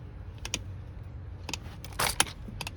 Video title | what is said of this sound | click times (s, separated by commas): How To Replace a Sewer Line in Levittown Part 2 of 3: Episode 11 | you hear that that means you're tight enough | 2.2 s